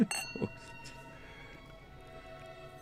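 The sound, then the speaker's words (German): Glasses clink together in a toast, two quick bright taps at the start, followed by a high, shimmering ring that lingers and slowly fades over a low background murmur. “Zum Wohl. Das kann ich übrigens in 43 Sprachen. Oh nö, lass mal. Prost. Prost.”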